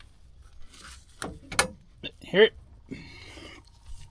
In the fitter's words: And you can tell it's clipped in because the clip right there is okay.